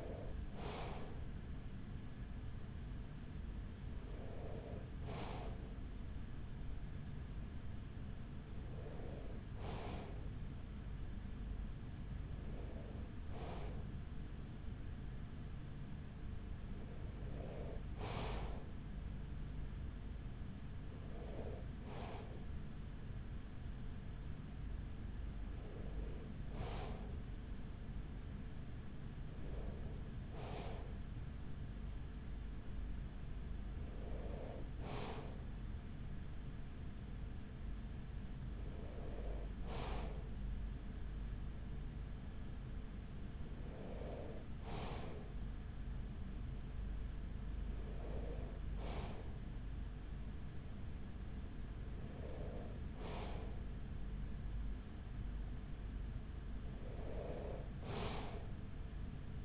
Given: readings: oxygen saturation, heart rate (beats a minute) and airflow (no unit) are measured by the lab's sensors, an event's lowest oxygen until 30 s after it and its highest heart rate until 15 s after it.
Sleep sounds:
breathing in sleep by a smartphone at the bedside; none
none scored
From the record:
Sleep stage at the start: N2 (light sleep); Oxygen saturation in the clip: 94%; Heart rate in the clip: 41 to 44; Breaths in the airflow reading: 14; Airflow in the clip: -7.2 to 6.0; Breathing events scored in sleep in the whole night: 207 in 7.6 hours asleep

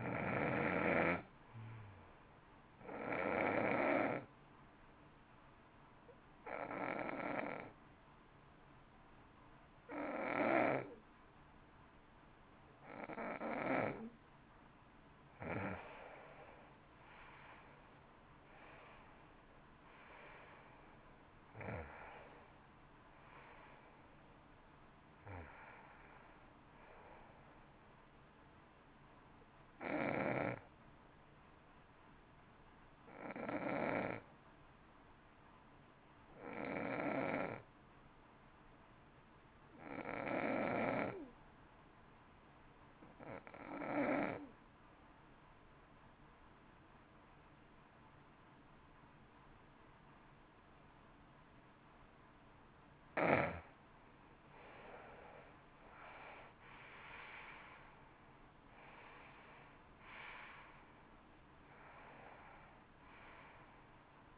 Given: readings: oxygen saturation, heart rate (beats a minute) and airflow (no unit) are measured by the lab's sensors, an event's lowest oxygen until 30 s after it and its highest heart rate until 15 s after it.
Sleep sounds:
breathing in sleep by a voice recorder at the bedside; 2
5.00-16.40 s: hypopnea (N2, oxygen 90% highest, then 87% lowest, heart rate 60 at the start, 64 highest)
32.00-53.40 s: hypopnea (N2, oxygen 94% highest, then 82% lowest, heart rate 53 at the start, 66 highest)
From the record:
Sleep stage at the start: N2 (light sleep); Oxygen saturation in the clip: 85 to 94%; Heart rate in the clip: 52 to 66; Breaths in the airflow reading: 17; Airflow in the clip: -18.0 to 16.4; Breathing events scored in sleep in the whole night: 328 in 6.3 hours asleep

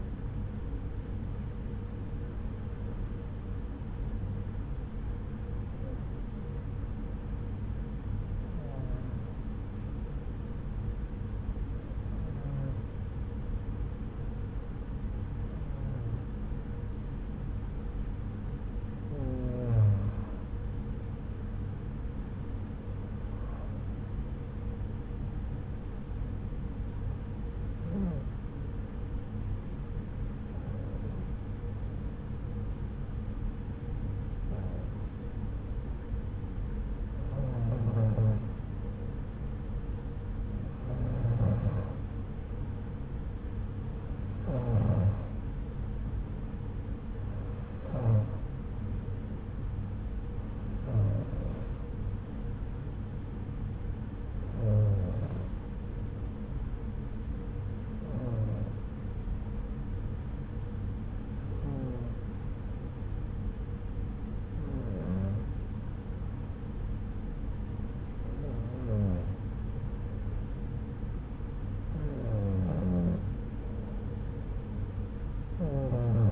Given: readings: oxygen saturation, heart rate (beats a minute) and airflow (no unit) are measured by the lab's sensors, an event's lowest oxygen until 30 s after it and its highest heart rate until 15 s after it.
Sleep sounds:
breathing in sleep by a smartphone at the bedside; 1
7.00-40.60 s: hypopnea (N1, oxygen 94% highest, then 91% lowest)
From the record:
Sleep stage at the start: N1 (lightest sleep); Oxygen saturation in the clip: 91 to 94%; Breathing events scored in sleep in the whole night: 303 in 8.1 hours asleep

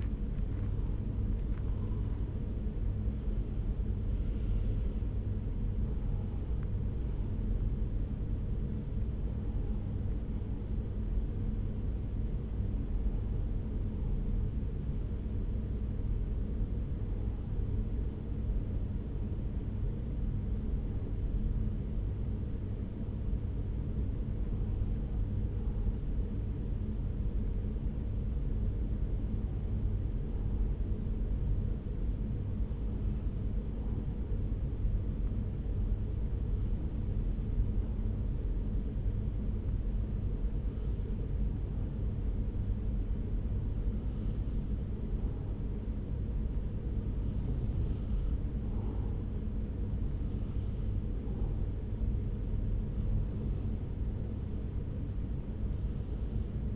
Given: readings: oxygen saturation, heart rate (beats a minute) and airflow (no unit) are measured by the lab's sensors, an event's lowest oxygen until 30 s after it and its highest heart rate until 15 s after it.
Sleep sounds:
breathing in sleep by a smartphone at the bedside; 1
15.00-51.30 s: hypopnea (N1, oxygen 95% highest, then 93% lowest)
From the record:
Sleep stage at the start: N1 (lightest sleep); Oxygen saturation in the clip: 92 to 95%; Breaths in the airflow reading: 17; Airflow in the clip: -4.0 to 4.4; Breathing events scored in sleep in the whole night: 335 in 6.7 hours asleep

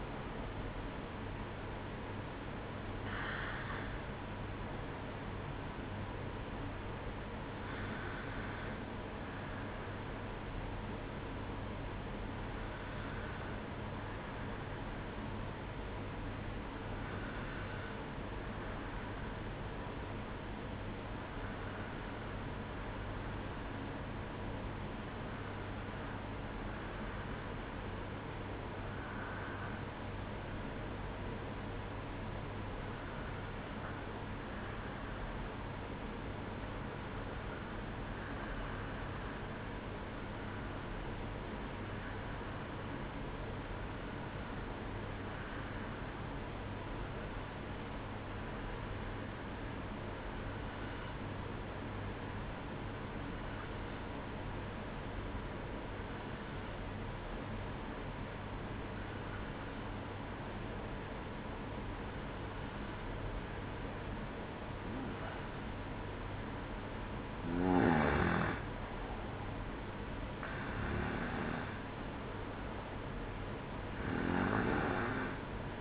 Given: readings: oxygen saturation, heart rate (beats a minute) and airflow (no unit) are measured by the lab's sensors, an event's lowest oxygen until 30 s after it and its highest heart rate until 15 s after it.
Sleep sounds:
breathing in sleep by a voice recorder at the bedside; 1
17.00-75.81 s: new sleep stage, N2 (light sleep)
18.00-64.70 s: hypopnea (N2, oxygen 96% highest, then 92% lowest, heart rate 57 at the start, 64 highest)
From the record:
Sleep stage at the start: N1 (lightest sleep); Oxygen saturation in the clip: 92 to 96%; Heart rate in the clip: 57 to 68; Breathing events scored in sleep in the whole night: 305 in 9.6 hours asleep

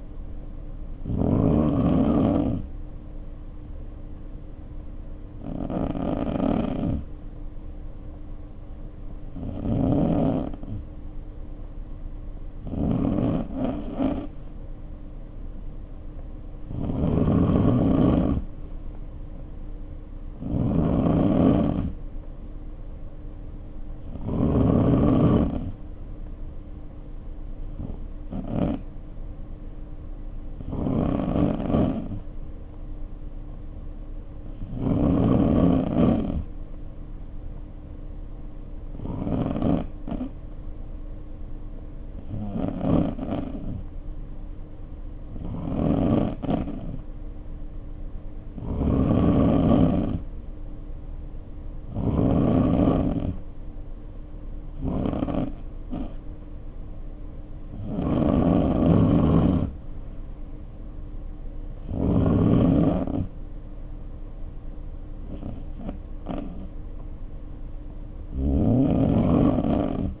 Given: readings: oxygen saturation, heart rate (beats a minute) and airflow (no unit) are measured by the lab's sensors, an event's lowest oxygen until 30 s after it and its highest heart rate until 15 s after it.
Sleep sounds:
breathing in sleep by a smartphone at the bedside; 2
4.00-20.00 s: hypopnea (N2, oxygen 92% highest, then 90% lowest, heart rate 51 at the start, 59 highest)
15.00-45.00 s: new sleep stage, N3 (deep sleep)
40.00-50.90 s: hypopnea (N3, oxygen 93% highest, then 90% lowest, heart rate 53 at the start, 60 highest)
45.00-70.20 s: new sleep stage, N2 (light sleep)
From the record:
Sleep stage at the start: N2 (light sleep); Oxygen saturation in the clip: 90 to 93%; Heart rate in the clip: 51 to 60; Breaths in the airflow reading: 20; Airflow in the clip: -2.7 to 2.6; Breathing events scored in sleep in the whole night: 520 in 7.2 hours asleep

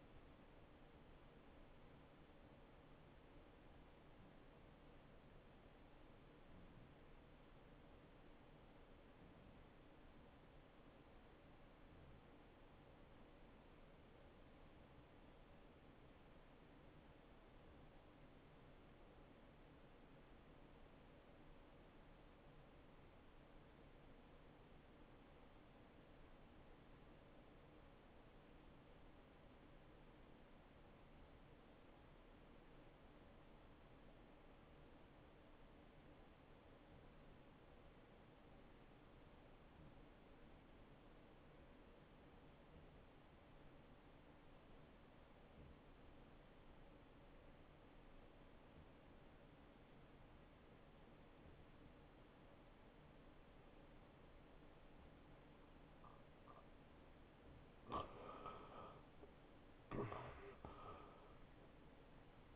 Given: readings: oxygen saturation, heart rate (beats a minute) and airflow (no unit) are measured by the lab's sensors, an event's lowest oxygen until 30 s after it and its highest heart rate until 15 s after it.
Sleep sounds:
breathing in sleep by a voice recorder at the bedside; 1
3.00-57.70 s: obstructive apnea (REM, oxygen 93% highest, then 67% lowest, heart rate 80 at the start, 94 highest)
52.00-62.56 s: new sleep stage, N1 (lightest sleep)
From the record:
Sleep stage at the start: REM sleep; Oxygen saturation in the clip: 74 to 93%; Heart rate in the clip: 57 to 88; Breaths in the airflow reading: 2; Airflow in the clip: -12.4 to 6.6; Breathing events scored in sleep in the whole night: 263 in 5.5 hours asleep

